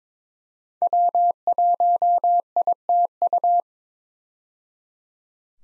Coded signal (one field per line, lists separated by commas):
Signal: Morse code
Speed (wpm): 21 wpm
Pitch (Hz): 700 Hz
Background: none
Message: W1ITU